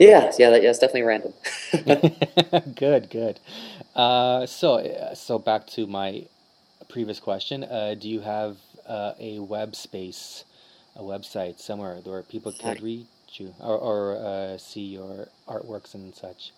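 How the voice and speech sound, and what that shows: Adult man who stutters asks a question, with word and phrase repetitions, drawn-out fillers and pauses, fitting mild stuttering.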